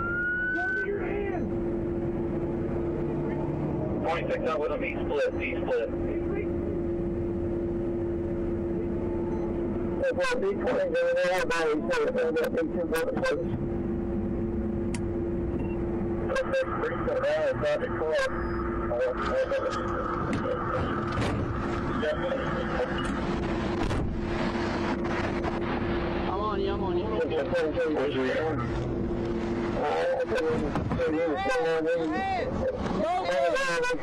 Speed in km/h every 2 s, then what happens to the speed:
0, 0, 0, 0, 0, 0, 0, 0, 0, 0, 0, 0, 0, 0, 0, 0, 0.
0-34 standing.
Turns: none.